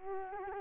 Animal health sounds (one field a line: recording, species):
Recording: mosquito wingbeat signal from an infrared sensor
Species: Culex quinquefasciatus